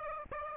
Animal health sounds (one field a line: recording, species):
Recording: mosquito wingbeat signal from an infrared sensor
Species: Aedes aegypti